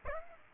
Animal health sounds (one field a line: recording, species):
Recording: mosquito wingbeat signal from an infrared sensor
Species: Aedes aegypti